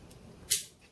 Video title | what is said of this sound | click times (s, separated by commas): Simpson Hybrid Un Boxing & Installation | Locks into place. Nice and tight. Quick unlock. | 0.5 s